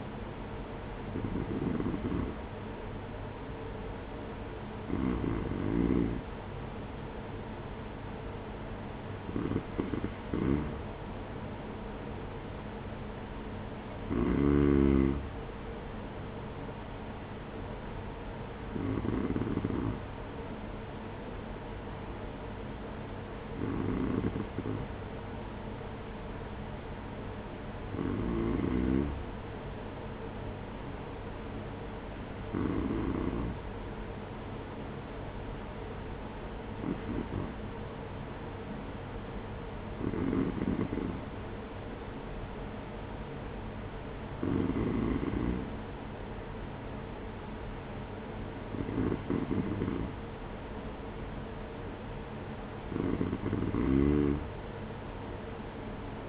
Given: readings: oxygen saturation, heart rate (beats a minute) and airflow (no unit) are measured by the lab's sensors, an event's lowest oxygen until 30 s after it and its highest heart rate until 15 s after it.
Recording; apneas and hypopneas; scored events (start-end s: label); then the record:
breathing in sleep by a voice recorder at the bedside; none
none scored
From the record:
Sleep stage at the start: N2 (light sleep); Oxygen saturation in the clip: 93 to 94%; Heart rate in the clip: 47 to 51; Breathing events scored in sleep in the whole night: 210 in 6.9 hours asleep